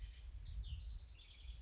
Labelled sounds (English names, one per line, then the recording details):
House Wren
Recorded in Sonoma County, California